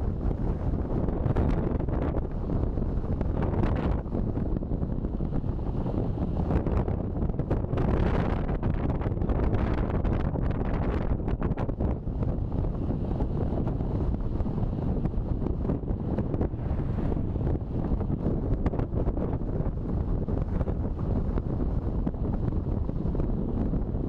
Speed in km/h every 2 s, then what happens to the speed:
43, 41, 40, 40, 39, 37, 35, 36, 35, 36, 38, 39.
0-12 slows to 35. 12-24 steady at about 36.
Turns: none.